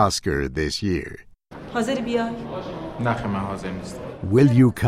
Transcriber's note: Sound from A Separation